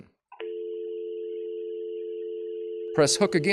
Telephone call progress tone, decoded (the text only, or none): dial tone